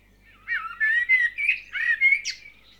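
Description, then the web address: Bird song: a warbled run of whistled, slurred notes around mid-high pitch, rising and falling across about two seconds, with a short bright upsweep near the end. Dawn chorus of birds. "KMP Film Video Sound Effects - Vogels - Ochtendkoor"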